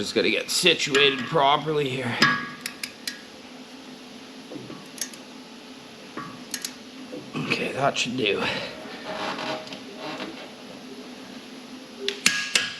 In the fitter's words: so there we go once we hear that click